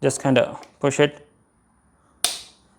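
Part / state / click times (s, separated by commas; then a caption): plastic fairing clip into motorcycle body panel / seated / 2.2 s. A plastic fairing clip is pushed into a body panel on a 2020–2024 Kawasaki Ninja ZX-10R so it sits flush. Someone talks at first, then a single loud, sharp click rings out at 2.2 s. The clip is seated flush.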